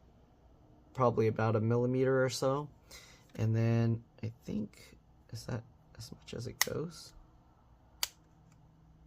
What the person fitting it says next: So, it snaps into place.